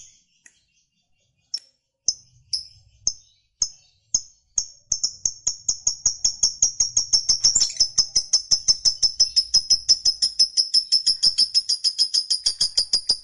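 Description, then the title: Lovebird chattering song: scattered high chirps at first, quickly becoming a fast, steady stream of sharp repeated notes that continues to the end. Recording meant to make a lovebird that is reluctant to sing become eager and sing spontaneously at length, called narik. "LOVEBIRD Malas Bunyi JADI GREGET SPONTAN Langsung NARIK"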